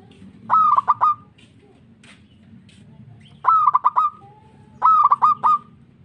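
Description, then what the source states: Zebra dove giving three brief phrases of quick, clipped cooing notes, separated by pauses of about two seconds and then under one second, with a soft low rumble behind. Local zebra dove.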